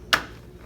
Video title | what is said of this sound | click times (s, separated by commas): Ecosystem Series | the cover plate back on kind of snaps into place there so now | 0.1 s